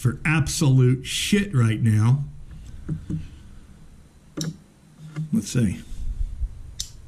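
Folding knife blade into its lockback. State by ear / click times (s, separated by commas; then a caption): seated / 6.8 s. Someone talks over a quiet room, then works the blade of a titanium Buck 560 lockback folding knife, and it snaps into its lock with one sharp hit at 6.8 seconds. The blade seats, though it does not snap as tightly as the previous knife.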